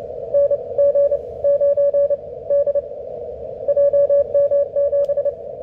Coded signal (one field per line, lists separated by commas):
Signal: Morse code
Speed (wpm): 26 wpm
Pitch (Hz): 570 Hz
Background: none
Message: NG9D JM7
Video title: QSO with JM7OLW - this time on 15m wtih the phased verticals